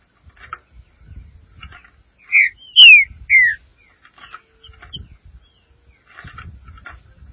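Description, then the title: Green-winged saltator song: three loud clear whistled notes in a short phrase, with faint scattered chips and low rustling around them. "Trinca Ferro"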